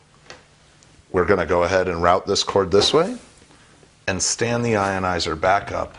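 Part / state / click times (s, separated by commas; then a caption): power cord plug into water ionizer socket / seated / 0.3 s. A power cord plug is pushed into the socket of a water ionizer, a connector that only fits one way, and it snaps into place with a sharp click at 0.3 s, followed by a fainter tick at 0.8 s. Someone then talks. The plug is seated.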